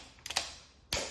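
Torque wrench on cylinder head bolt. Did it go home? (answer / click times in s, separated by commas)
yes / 0.4 s, 0.9 s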